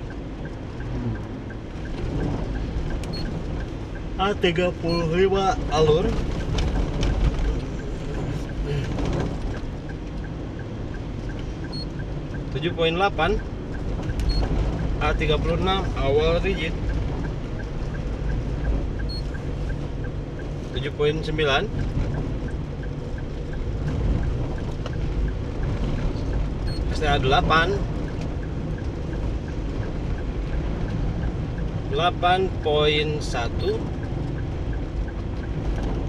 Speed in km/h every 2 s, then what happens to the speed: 51, 51, 50, 50, 50, 50, 49, 49, 49, 49, 49, 49, 50, 51, 53, 54, 54, 54.
0-36 steady at about 50.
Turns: none.